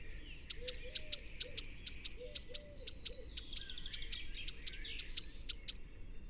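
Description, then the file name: Eurasian blue tit repeating thin, high, clipped notes in a steady rapid series for about five seconds, with faint low notes underneath. "Cyanistes caeruleus"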